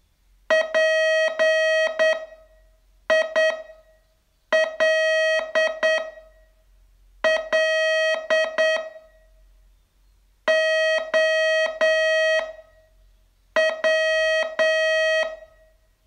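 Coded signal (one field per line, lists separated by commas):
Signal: Morse code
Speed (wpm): 8 wpm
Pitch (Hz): 640 Hz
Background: none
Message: PILLOW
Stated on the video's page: Morse code training lesson, day 27 of a 42-day course.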